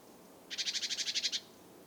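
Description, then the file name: Great tit churring call: one harsh, buzzy rattle of about ten rapid clicks lasting under a second, over a quiet background. "Parus major"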